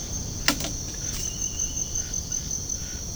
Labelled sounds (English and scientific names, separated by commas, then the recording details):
none
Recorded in pastures near Puerto Asís, Putumayo, Colombia, on 21 March 2025 at 04:00
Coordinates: 0.497, -76.327
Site G072